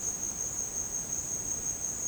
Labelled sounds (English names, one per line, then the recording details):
none
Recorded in dense forest near Puerto Asís, Putumayo, Colombia, on 23 June 2025 at 09:30
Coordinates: 0.486, -76.317
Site G065